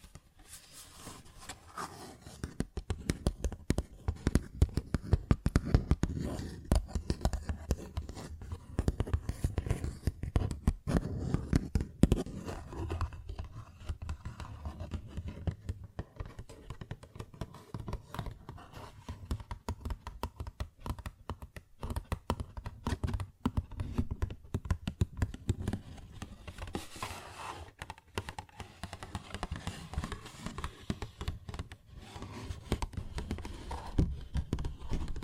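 Fingers tap and scratch on a paper bag in a dense, irregular stream of small dry clicks and rustles that runs the whole 35 seconds. The sound is mostly low and papery, busiest in the first twelve seconds, then slightly softer but continuing steadily.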